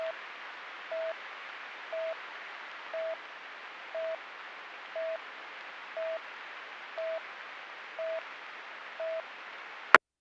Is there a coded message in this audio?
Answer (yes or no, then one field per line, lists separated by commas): no